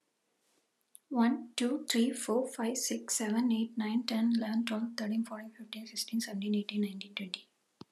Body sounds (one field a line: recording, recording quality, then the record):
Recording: counting at a fast pace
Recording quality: excellent, no background noise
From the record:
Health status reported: healthy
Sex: female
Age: 36 years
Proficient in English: yes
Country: United States